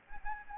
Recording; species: mosquito wingbeat signal from an infrared sensor; Anopheles gambiae